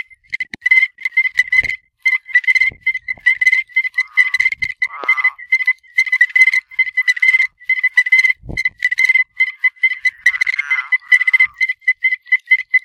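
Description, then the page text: Strecker's chorus frogs in a dense chorus of sharp, ringing chirps given in quick runs, with occasional lower, wavering trills mixed in. Arkansas. "Herps of Arkansas: Strecker's Chorus Frog (Pseudacris streckeri)"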